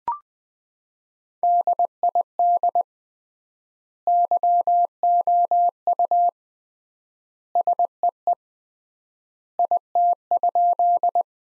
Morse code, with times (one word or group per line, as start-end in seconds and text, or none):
1.4-2.8 DID
4.1-6.3 YOU
7.6-8.3 SEE
9.6-11.2 IT?